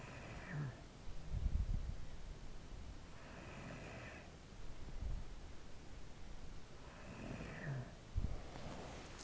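An adult snoring during sleep, with repeated low-pitched snores separated by quieter breaths.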